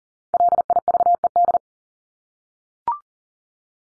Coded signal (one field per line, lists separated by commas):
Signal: Morse code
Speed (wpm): 40 wpm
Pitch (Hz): 700 Hz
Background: none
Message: LIVED